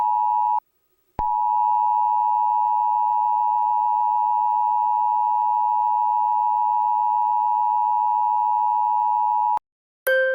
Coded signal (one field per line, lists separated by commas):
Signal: Emergency Alert System (SAME) tones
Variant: 853 and 960 Hz attention tone